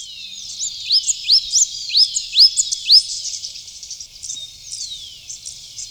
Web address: Natures Songs S America Birds of Ecuador 4-12 Blue-And-Yellow Tanager